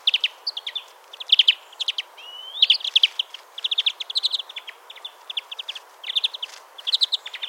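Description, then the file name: European greenfinch giving repeated short bursts of fast, ringing trilled notes, with one brief upward wheezy slur in the first third. "Chloris chloris"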